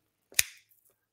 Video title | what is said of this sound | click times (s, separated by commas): Amazon Live with D. Scott Smith | yeah that's good that's a good positive click | 0.4 s